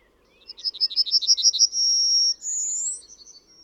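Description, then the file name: Yellowhammer song: a rattling series of high repeated notes, followed by two long drawn notes, the second pitched higher and slightly rising, over faint low background. "Trznadel"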